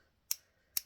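The plastic priming knob, the dose dial on a Mounjaro injection pen, is turned by hand and gives two short, sharp clicks at 0.3 s and 0.8 s against near silence. Each click steps the dial one notch, and it seats as intended.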